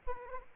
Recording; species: mosquito wingbeat signal from an infrared sensor; Aedes aegypti